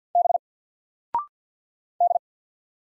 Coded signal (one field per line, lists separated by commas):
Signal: Morse code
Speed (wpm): 50 wpm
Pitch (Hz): 700 Hz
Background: none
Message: B D